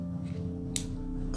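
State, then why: Seated. The snap-on cap of a plastic MUJI Round fountain pen, which has a short clip, is pushed onto the pen body over steady background music. A sharp, brief click at 0.8 s marks the cap snapping into place, fully seated.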